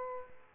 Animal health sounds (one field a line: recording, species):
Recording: mosquito wingbeat signal from an infrared sensor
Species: Aedes aegypti